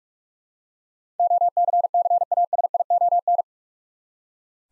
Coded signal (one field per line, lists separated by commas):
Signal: Morse code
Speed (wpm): 42 wpm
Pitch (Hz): 700 Hz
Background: none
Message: OCCASION